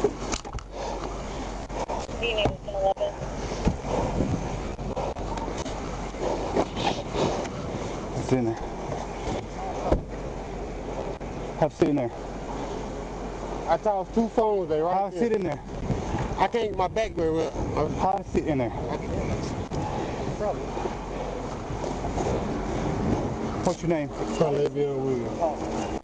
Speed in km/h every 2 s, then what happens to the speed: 0, 0, 0, 0, 0, 0, 0, 0, 0, 0, 0, 0, 0.
0-26 standing.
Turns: none.